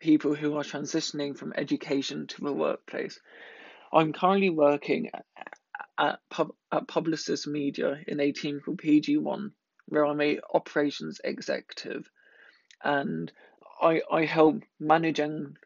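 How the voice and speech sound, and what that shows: Adult male speech with mild stuttering: a part-word repetition, a brief block, a repeated "I" and stretched sounds. He has stammered all his life, with late speech development, weekly speech therapy for his first ten years and later an intensive stammering therapy course. He also has dyslexia and dyspraxia.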